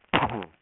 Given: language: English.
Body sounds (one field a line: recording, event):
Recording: throat vibration sensor signal played as sound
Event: cough